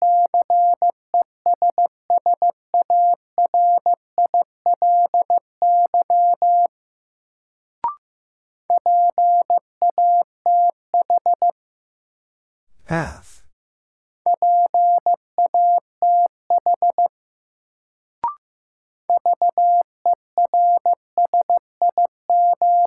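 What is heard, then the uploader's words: Morse code beeps in a steady mid-pitched tone, keyed in quick bursts of dots and dashes separated by short silent gaps. Brief clicks sound near 8 and 18 seconds, and a short noisy crackle breaks in around 13 seconds. First, the word is sent in Morse code. 15wpm.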